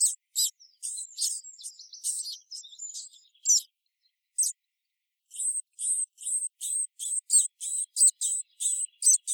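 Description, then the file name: Marsh tit calling: rapid high notes, a brief pause, then a steady series of sharp, high notes. "Poecile palustris"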